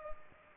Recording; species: mosquito wingbeat signal from an infrared sensor; Culex pipiens